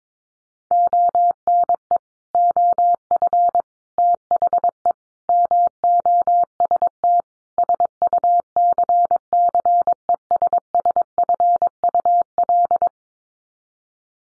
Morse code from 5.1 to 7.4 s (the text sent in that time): MOST